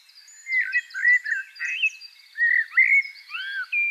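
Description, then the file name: Eurasian blackbird song, a continuous string of low, fluty warbled notes mixed with thin, high, scratchy twitters, delivered in quick succession. "Turdus merula"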